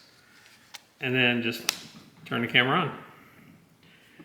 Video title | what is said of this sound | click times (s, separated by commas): Game Camera Battery Upgrade: Moultrie Power Mag for Edge Series | um slide that in until it clicks | 0.8 s